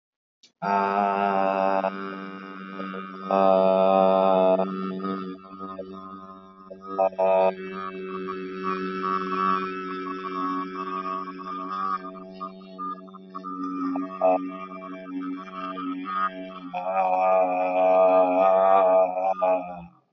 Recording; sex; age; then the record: vowel held as long as possible; male; 20 to 29 years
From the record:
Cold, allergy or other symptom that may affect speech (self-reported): no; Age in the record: 25 years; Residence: Ohio, United States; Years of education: 14